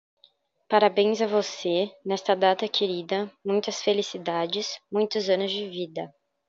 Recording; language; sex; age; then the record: short text; Brazilian Portuguese; female; 18 to 19 years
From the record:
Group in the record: control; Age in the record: 19 years